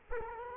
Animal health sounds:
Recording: mosquito wingbeat signal from an infrared sensor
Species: Culex quinquefasciatus

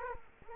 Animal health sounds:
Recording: mosquito wingbeat signal from an infrared sensor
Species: Culex quinquefasciatus

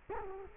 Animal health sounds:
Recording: mosquito wingbeat signal from an infrared sensor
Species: Culex quinquefasciatus

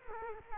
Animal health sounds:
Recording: mosquito wingbeat signal from an infrared sensor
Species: Culex quinquefasciatus

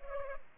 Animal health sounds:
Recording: mosquito wingbeat signal from an infrared sensor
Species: Culex pipiens

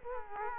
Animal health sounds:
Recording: mosquito wingbeat signal from an infrared sensor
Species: Culex quinquefasciatus

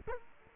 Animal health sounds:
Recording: mosquito wingbeat signal from an infrared sensor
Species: Culex quinquefasciatus

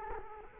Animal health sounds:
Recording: mosquito wingbeat signal from an infrared sensor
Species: Culex quinquefasciatus

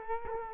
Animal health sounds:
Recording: mosquito wingbeat signal from an infrared sensor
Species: Culex quinquefasciatus

